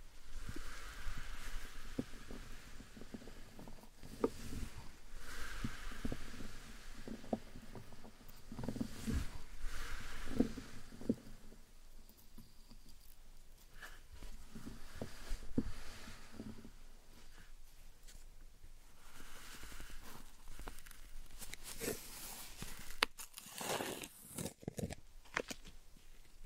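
Slime and sand are squished and pressed in a dense run of soft, wet crackles and low squelching rubs. The sounds come in uneven bursts, with sharper, brighter crunches near 4, 10 and 23 seconds, and a quieter, sparser stretch around the middle.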